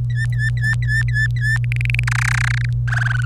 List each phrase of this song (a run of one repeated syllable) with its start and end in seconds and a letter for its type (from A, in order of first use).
0.10-1.57 A, 1.64-2.04 B, 2.07-2.65 C, 2.88-3.25 D